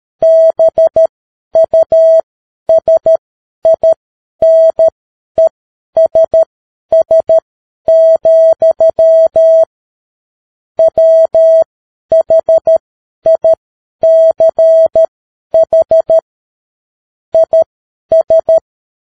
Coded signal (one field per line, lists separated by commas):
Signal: Morse code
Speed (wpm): 13 wpm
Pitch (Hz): 650 Hz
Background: none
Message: BUSINESS, WHICH IS